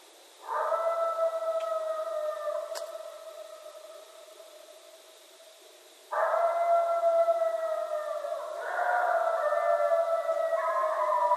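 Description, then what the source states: Coyote howls, long steady wavering notes with rich overtones; one bout fades away, then a second begins about six seconds in and others join near the end. Coyotes, recorded on 13 January 2012.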